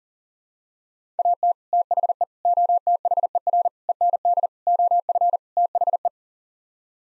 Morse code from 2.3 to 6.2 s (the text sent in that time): OTHER END OF THE